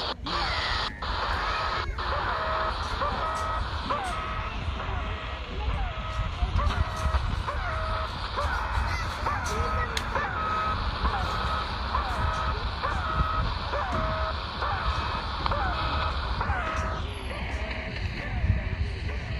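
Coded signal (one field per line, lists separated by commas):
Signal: channel marker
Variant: The Goose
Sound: continuous looping goose-like honks and squawks with nasal harmonics, over hissy shortwave noise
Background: radio static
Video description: 4310 kHz AM - "The Goose" Russian Military station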